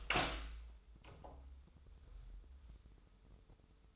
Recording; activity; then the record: daily activity, microphone in the room; open door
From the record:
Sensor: 3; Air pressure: 996.2 hPa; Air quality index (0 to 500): 36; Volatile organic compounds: 1 ppm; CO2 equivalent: 644 ppm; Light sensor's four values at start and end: 14/33/14/14 and 14/34/14/15